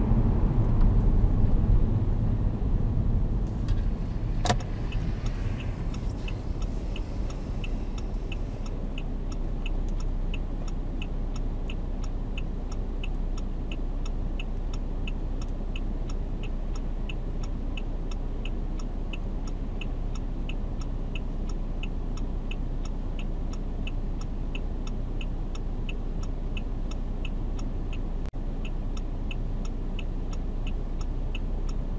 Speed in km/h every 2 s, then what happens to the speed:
36, 20, 13, 7, 0, 0, 0, 0, 0, 0, 0, 0, 0, 0, 0, 0.
0-8 brakes to 0. 8-32 standing.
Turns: none.